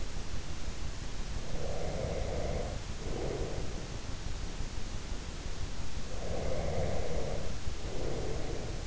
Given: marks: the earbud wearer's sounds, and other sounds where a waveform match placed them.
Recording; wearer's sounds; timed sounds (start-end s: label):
sounds in sleep by an in-ear microphone; breath
1.51-3.88 s: breath
6.12-8.87 s: breath